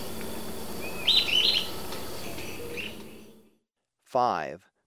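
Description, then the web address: Sooty-headed tyrannulet song: a quick high twittering phrase, then a faint note; after the sound fades to silence, a different loud, sweeping harmonic sound follows. Ecuador. "Natures Songs S America Birds of Ecuador. Sooty-headed Tyrannulet"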